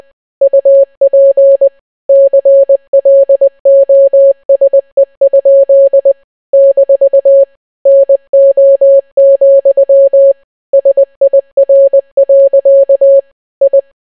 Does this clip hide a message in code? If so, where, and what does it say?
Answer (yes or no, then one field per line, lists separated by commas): yes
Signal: Morse code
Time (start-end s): 0.4-13.8 s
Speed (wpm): 20 wpm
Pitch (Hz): 550 Hz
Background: none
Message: UP CLOSE? - NO, SIR. I